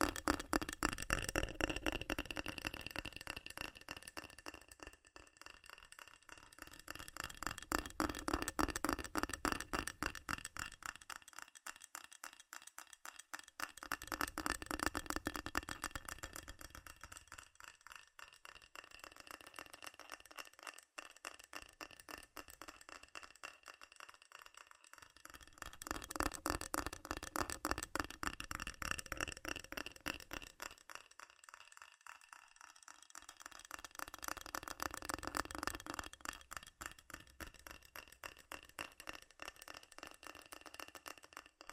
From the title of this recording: FAST & FURIOUS TAPPING Metal Sounds